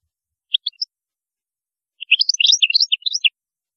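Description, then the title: European goldfinch song: a few short high notes, a pause, then a rapid tumbling run of bright twittering notes lasting over a second, with no other sounds. "Chant Chardonneret"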